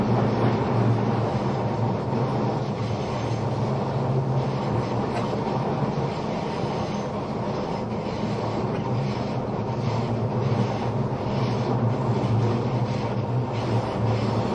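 Running noise aboard the Spacia X No. 7 limited express train: a steady, dense rumble with a strong low hum and churning mid-range roar. Loudness stays nearly constant for the whole fifteen seconds, with faint rhythmic rattles and brief brighter hisses scattered throughout.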